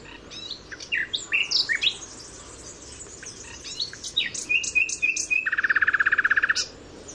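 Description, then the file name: Common nightingale song: varied chirps and whistles, then a few evenly spaced notes leading into a fast, rattling trill of rapid repeated pulses lasting about a second. "Luscinia megarhynchos"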